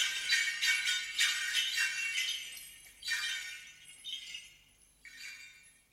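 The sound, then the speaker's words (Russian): A small bell jingles in the distance, its bright, high tinkling coming in several quick clustered bursts that swell and fade, then stops; no voices are heard. “Колокольчик в самом деле звенел где-то в отдалении и вдруг перестал звенеть.”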